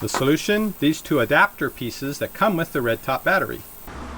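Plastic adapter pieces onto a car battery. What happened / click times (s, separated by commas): Handled, not yet home: adapter pieces not yet snapped on / none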